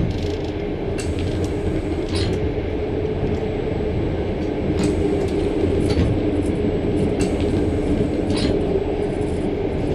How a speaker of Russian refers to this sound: Купейный вагон, пустой коридор.